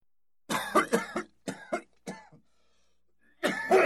Human cough male a smokers cough.